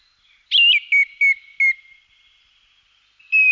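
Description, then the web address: Song thrush: a looping whistled phrase followed by three short, clear downslurred whistles in quick succession, then another whistle starting at the end. Contact call. "kontakt singdrossel"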